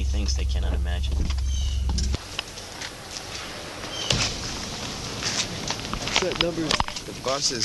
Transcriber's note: walking